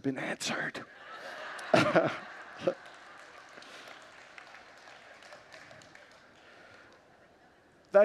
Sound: congregants laugh